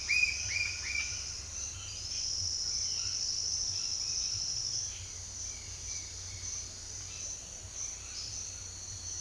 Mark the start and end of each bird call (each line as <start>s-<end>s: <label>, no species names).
0.00s-1.11s: bird call
1.76s-6.65s: bird call